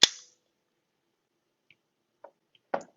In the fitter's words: we should hear an audible click